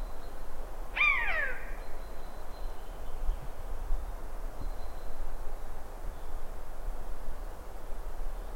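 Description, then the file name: Eurasian jay call: one short, harsh, descending note near the start, followed by quiet background hum and a few faint high notes. "Garrulus glandarius"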